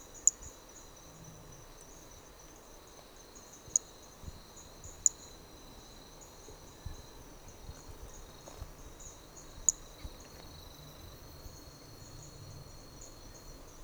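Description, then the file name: Hermogenes' flea-toad: brachycephalus hermogenesi toadlet: scattered single high, sharp notes at irregular intervals, with a constant high-pitched insect chorus behind. Individual number 4 recorded on Trilha do Ipiranga; the first four notes of the call were lost. "MHNCI Brachy hermogenesi Trilha do Ipiranga ind 4 four starting notes lost"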